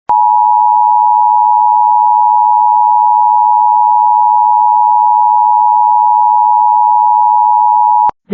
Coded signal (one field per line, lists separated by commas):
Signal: Emergency Alert System (SAME) tones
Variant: 853 and 960 Hz attention tone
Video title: Silver￼ alert 🚨(EAS 27)